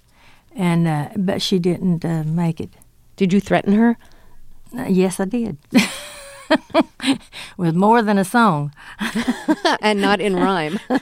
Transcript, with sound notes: and - but she didn't make it.
Did you threaten her?
Yes, I did.
(LAUGHTER)
With more than a song.
(LAUGHTER)
And not in rhyme.